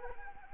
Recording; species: mosquito wingbeat signal from an infrared sensor; Anopheles arabiensis